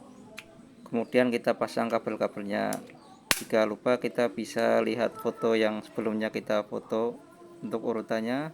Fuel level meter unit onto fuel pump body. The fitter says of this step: kalau sudah pas kita dorong saja sampai berbunyi